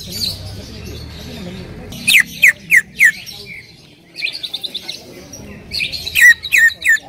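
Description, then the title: Bird chirps: a few sharp, downward-sweeping notes in two short bursts, separated by a soft rapid trill. "Kicau Burung"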